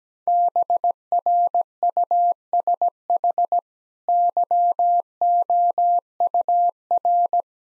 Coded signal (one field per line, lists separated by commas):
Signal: Morse code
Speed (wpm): 17 wpm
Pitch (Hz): 700 Hz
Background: none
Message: BRUSH YOUR